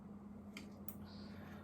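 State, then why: Released. With the screws removed, the plastic body halves of an AirHogs toy RC flying motorcycle are pried apart, and a hidden plastic snap clip joining them lets go with a sharp click at 0.9 s, after a softer tick at 0.6 s. A steady low hum runs underneath, and the clip is released.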